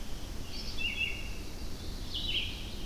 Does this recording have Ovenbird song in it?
no